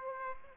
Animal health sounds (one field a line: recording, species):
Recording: mosquito wingbeat signal from an infrared sensor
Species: Aedes aegypti